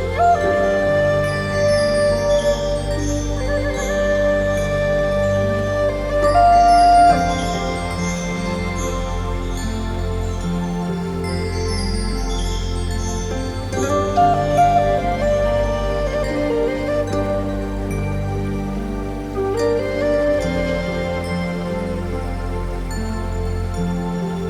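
Meditation music with long sustained tones layered over a deep, steady drone. Soft bright chimes and bell-like notes sparkle above, with slight swells around seven, fourteen and twenty-one seconds, while the overall level stays even throughout.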